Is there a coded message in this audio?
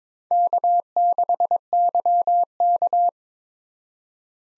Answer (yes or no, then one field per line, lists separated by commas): yes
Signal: Morse code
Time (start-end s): 0.3-3.1 s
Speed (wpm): 22 wpm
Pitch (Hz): 700 Hz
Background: none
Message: K6YK